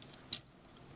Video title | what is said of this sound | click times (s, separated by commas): 1/144 HGUC Dom Tropen (Sand Brown Ver.) Review | Simply remove the heat sword, and then this simply clicks into place. | 0.3 s